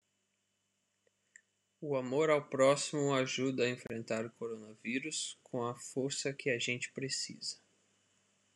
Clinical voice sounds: spoken sentence; Brazilian Portuguese; male; 30 to 39 years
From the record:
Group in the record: control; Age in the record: 31 years

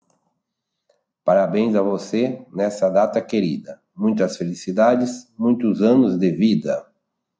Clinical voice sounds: short text; Brazilian Portuguese; male; 40 to 49 years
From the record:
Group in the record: control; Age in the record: 48 years

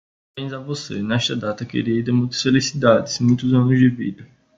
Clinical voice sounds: short text; Brazilian Portuguese; male; 20 to 29 years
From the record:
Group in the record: control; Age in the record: 25 years

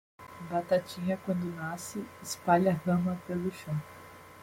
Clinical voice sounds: short text; Brazilian Portuguese; female; 20 to 29 years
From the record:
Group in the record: control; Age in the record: 24 years

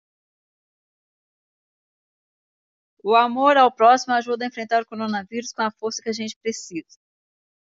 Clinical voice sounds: spoken sentence; Brazilian Portuguese; female; 40 to 49 years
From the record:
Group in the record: control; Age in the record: 46 years

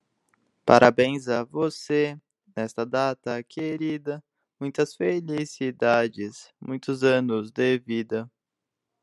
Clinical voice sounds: short text; Brazilian Portuguese; male; 20 to 29 years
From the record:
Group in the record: control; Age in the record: 26 years

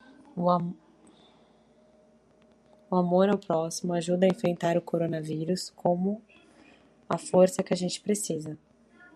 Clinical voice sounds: spoken sentence; Brazilian Portuguese; female; 30 to 39 years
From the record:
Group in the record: control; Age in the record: 31 years

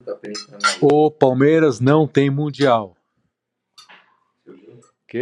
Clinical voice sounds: short text; Brazilian Portuguese; male; 50 to 59 years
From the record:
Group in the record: control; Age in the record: 54 years

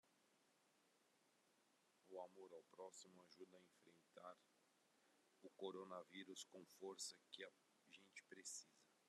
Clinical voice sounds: spoken sentence; Brazilian Portuguese; male; 40 to 49 years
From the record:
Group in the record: control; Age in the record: 41 years

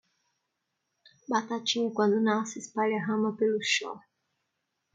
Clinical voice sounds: short text; Brazilian Portuguese; female; 30 to 39 years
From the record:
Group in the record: control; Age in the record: 39 years

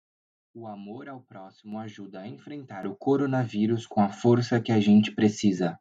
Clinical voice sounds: spoken sentence; Brazilian Portuguese; male; 20 to 29 years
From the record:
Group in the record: control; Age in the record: 22 years

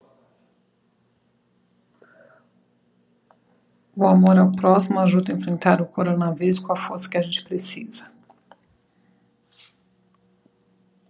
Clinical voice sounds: spoken sentence; Brazilian Portuguese; female; 40 to 49 years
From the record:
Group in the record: control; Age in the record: 47 years

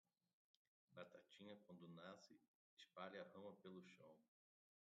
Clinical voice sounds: short text; Brazilian Portuguese; male; 30 to 39 years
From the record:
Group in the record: control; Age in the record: 32 years

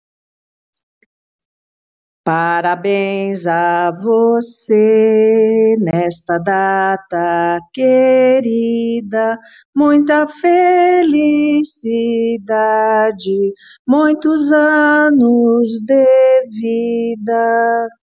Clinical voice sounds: short text; Brazilian Portuguese; female; 60 to 69 years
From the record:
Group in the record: control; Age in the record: 66 years

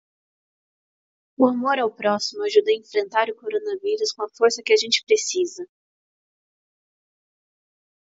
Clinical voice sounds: spoken sentence; Brazilian Portuguese; female; 20 to 29 years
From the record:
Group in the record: control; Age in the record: 27 years

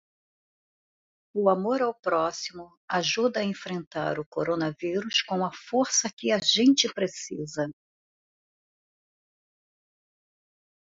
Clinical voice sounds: spoken sentence; Brazilian Portuguese; female; 60 to 69 years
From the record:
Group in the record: control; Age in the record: 62 years

